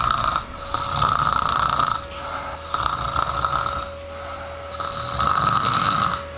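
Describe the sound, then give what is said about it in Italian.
A person snores in a steady rhythm, three long, rough, rattling breaths with short quieter pauses between them. No one speaks. “quindi si inizia a russare presto, molto spesso.”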